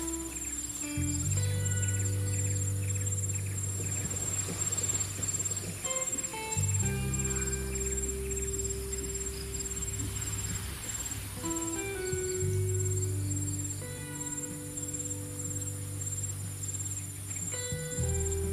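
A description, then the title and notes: Calm lofi music with soft low chords shifting every five or six seconds, over a steady high cricket trill and gentle wave wash. Sound of Calm Wave, Cricket sound and Summer Ambience with calming lofi music relaxation.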